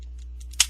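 A plastic tab on a body section of a Leader Class Movie (2007) Premium Megatron transforming action figure is pushed into its plastic clip during transformation. A few faint ticks lead up to one sharp, loud snap at 0.6 s as the tab locks into place.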